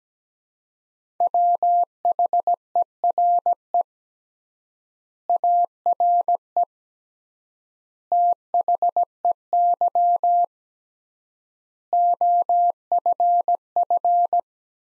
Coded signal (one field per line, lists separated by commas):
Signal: Morse code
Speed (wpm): 17 wpm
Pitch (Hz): 700 Hz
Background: none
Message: WHERE ARE THEY OFF